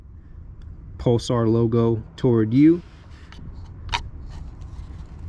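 A Pulsar plug-in engine module for a 2019 Chevy Silverado is being lined up with its locking tab and logo facing the installer, ready to be pushed into the vehicle wiring harness connector. Someone talks briefly over a quiet background with a few faint handling sounds. Nothing has seated or clicked yet.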